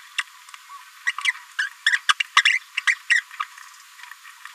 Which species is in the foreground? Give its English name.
Green-rumped Parrotlet